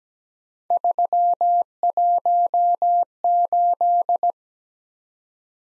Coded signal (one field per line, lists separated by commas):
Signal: Morse code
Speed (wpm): 17 wpm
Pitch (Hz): 700 Hz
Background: none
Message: 318